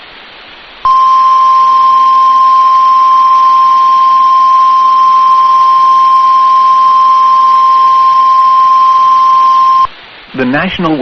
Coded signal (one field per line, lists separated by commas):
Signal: Emergency Alert System (SAME) tones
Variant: 1050 Hz attention tone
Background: speech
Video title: SEVERE THUNDERSTORM WATCH (EAS ALERT 188)